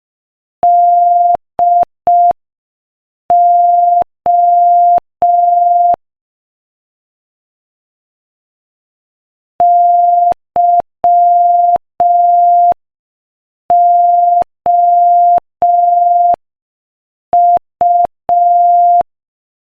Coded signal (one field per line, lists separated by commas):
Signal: Morse code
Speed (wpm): 5 wpm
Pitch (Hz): 700 Hz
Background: none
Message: DO YOU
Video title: Morse Code Practice: 5 wpm Joke #4